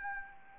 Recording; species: mosquito wingbeat signal from an infrared sensor; Anopheles gambiae